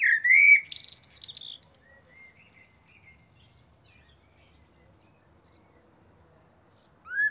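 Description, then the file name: Eurasian blackbird song opens with a loud fluted whistle and high chattering twitter, quiet soft notes follow, and a new whistled phrase starts at the end. "Turdus merula"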